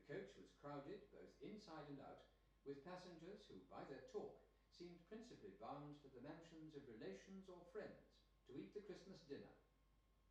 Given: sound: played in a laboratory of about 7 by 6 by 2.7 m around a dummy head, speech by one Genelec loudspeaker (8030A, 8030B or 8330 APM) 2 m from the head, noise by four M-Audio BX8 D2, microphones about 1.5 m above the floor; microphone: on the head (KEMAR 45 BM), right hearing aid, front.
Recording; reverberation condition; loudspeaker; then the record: male speech in English; medium; 60 degrees to the left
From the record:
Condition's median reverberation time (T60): about 510 ms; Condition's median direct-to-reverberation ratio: about -0.5 dB